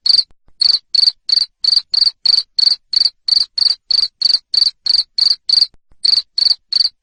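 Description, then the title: Cricket chirps, shrill and even, roughly three per second, with brief gaps near the start and just before six seconds. Loud cricket chirping played to make lovebirds sing (ngekek) continuously. "Suara JANGKRIK NGERIK Keras Bikin LOVEBIRD Jadi NGEKEK Terus Vubey"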